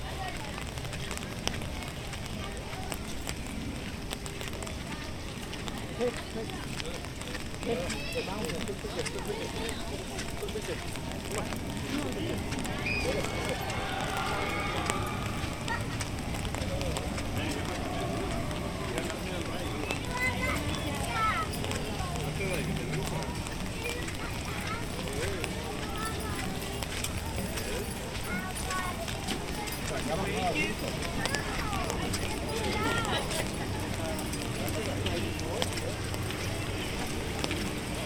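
A walk through Animal Kingdom park in Walt Disney World, with a steady wash of crowd chatter and overlapping voices throughout. Footsteps and scattered clatter mix in, with brief voices rising around 13 to 16 seconds and again near 22 and 36 seconds.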